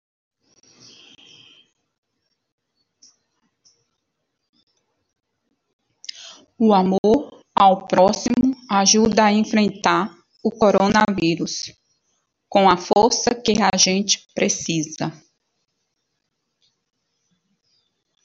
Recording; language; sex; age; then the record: spoken sentence; Brazilian Portuguese; female; 50 to 59 years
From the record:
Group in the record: control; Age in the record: 52 years